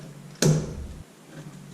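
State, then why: Seated. A horn button, its wires already connected, is pressed into the center hub of a new woodgrain steering wheel on a 1966 Mustang. It seats with a single sharp snap at 0.4 s, followed by a brief low rumble that fades by about 1.0 s. The button is seated.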